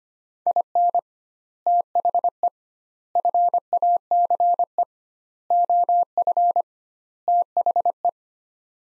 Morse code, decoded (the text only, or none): IN THE FACE OF THE